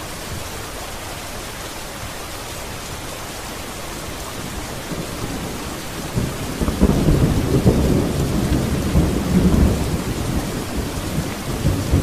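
Steady, dense rain hisses evenly across the first half, with a faint low rumble underneath. Around six seconds a soft roll of thunder swells in, deep and rolling, and the sound grows louder and fuller through to the end as the downpour continues.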